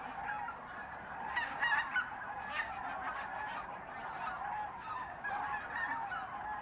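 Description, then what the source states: Goose: geese calling as a flock, a dense overlapping chorus of honks, with a louder burst of calls around two seconds. Geese in the re-naturalised area of Polder Glies, Sellstedt, Germany, 9 November 2020; binaural ORTF pair of t.bone SC 140 microphones with Rycote windjammer, TASCAM DR100 MK3 recorder.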